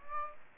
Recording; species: mosquito wingbeat signal from an infrared sensor; Aedes aegypti